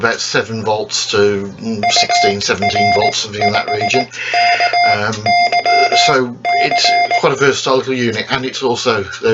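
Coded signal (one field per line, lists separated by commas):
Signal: Morse code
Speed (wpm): 17 wpm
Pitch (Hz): 2100 Hz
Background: speech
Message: UR5KYC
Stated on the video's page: Morse from a simple home-built Arduino Morse tutor designed for a CW club.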